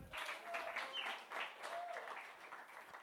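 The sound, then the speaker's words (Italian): An audience breaks into steady applause, a dense, crackling wash of many hands clapping that holds at an even level for about three seconds, with faint tonal whistles or voices mixed in. “E ciao bello, un applauso”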